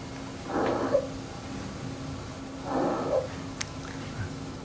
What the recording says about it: Looking through a flexible laryngoscope here, and we're looking at the epiglottis. This is an infant in this case with stridor. Notice the epiglottis was collapsing.